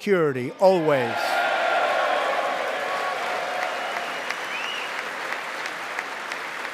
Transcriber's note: applause